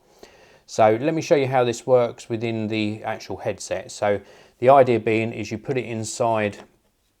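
A smartphone is being handled at the plastic holder tray of a Zeiss VR One virtual reality headset while someone talks, with a faint short tap at 0.2 s. The phone has not snapped in or seated yet by the end of the clip.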